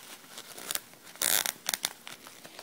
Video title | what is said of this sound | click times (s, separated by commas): How To Make a Big Cheer Bow | that's if you hear the clicking sound that's how you know you're using the zip tie the right way | 1.3 s, 1.5 s, 1.7 s, 1.8 s